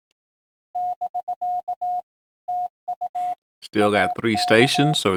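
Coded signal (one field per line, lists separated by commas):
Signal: Morse code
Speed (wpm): 18 wpm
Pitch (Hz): 720 Hz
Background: speech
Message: <BK> TU AK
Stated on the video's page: Simulated CW park activation practice.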